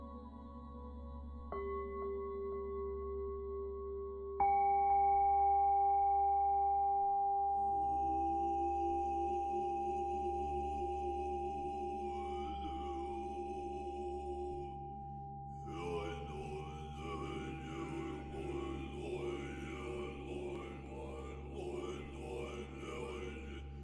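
Buddhist chanting over struck singing bells. Bells ring out at about 1.5 and 4.5 seconds and hang on as long steady tones, while a low hum runs throughout. Voices come in around 8 seconds and grow fuller and more wavering after 15 seconds.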